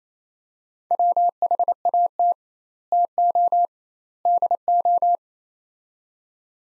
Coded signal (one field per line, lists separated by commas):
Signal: Morse code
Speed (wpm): 28 wpm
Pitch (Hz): 700 Hz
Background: none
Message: WHAT TO DO